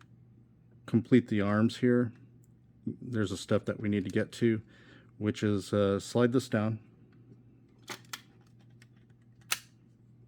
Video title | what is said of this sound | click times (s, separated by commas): MMC Ocular Max Saltus | It'll give you a nice satisfying click there, because this is going to flip out. | 9.5 s